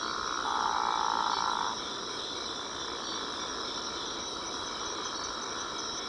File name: Physalaemus atlanticus